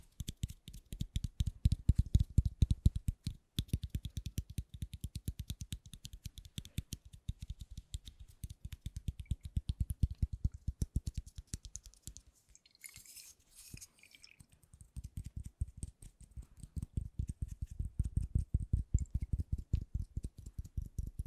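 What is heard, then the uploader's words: Rapid, regular tapping fills the clip, low-pitched, with dense runs of quick strikes that swell and fade. Around the twelve-second mark the taps thin out and a brief bright rustle or scratch sounds before fast tapping resumes to the end. ASMR Addictive Tapping for Study, Work, Sleep (No Talking).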